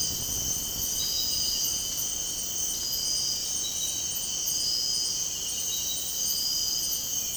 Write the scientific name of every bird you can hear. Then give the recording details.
none. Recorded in dense forest near Puerto Asís, Putumayo, Colombia, on 18 February 2024 at 04:30. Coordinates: 0.486, -76.316. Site G6437